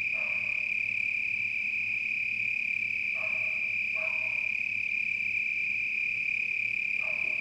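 Cricket call, a constant shrill trill, with short lower chirp bursts at the start, around three to four seconds and near seven.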